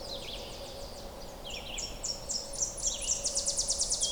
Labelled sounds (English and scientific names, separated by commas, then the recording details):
Red-eyed Vireo (Vireo olivaceus) song
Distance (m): 25 m
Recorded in boreal forest in Alberta, Canada, on 26 May 2016 at 06:16
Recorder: SongMeter 3, array SBT-3-15
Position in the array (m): 126 m, -6 m